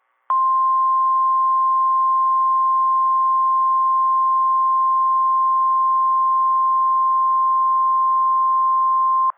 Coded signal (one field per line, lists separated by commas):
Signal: Emergency Alert System (SAME) tones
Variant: 1050 Hz attention tone